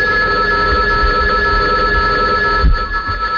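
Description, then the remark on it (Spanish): A telephone rings with a steady, high electronic tone, sustained bands holding loud and even throughout, with a rumbling thump near the end and no voices. “Voy a coger este teléfono, voy no a...”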